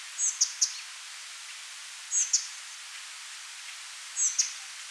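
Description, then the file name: Spotted flycatcher calls: short high-pitched squeaks ending in quick clicks, three bouts spaced roughly two seconds apart, with faint background hiss. "Pigliamosche"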